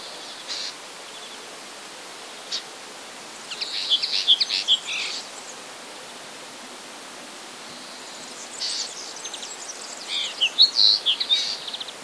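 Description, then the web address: Common linnet twittering in two separate bursts of quick high chirps and trills, with quiet hiss between phrases. "wroblowe kolekcja makolagwa"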